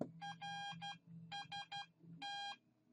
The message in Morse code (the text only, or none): RST